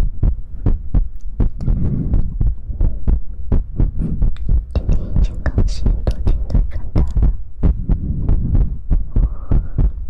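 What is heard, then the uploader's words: ASMR mouth sounds: sharp wet clicks and pops repeat at a steady pace of about two per second, each a quick snap with a crisp top. A constant low hum runs underneath, with soft breathy swells rising between clicks around the middle and near the end. ASMR Mouth Sounds.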